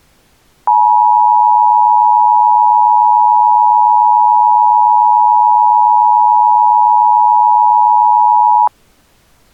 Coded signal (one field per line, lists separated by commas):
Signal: Emergency Alert System (SAME) tones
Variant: 853 and 960 Hz attention tone